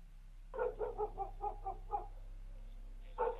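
A black dog barks around midnight in a quick, steady run of about eight yaps, then falls silent briefly before one more bark breaks out. The barks are mid-pitched and fairly soft.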